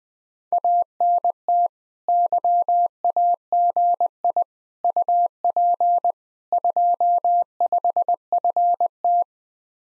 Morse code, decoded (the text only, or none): ANT YAGI UP 25FT